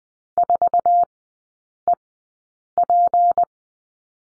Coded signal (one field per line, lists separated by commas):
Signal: Morse code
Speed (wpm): 20 wpm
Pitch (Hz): 700 Hz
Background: none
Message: 4EP